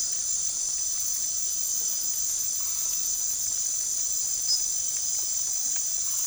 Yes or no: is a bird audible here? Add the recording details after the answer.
no. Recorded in secondary vegetation near Puerto Asís, Putumayo, Colombia, on 13 March 2025 at 23:30. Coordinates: 0.489, -76.322. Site G042